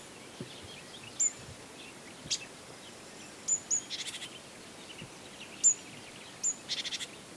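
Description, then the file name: Great tit calls, softer: sharp high double notes and short rasping churr bursts scattered throughout, with steady background noise. "Parus major"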